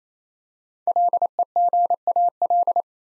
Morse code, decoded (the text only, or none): LEGAL